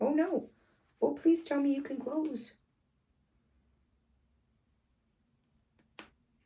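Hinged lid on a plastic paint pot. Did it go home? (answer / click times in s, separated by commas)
yes / 6.0 s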